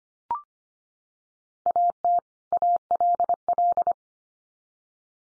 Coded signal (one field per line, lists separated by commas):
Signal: Morse code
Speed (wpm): 25 wpm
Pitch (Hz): 700 Hz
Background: none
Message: AT ALL